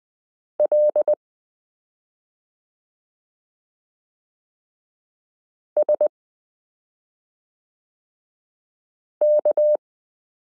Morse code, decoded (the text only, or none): L SK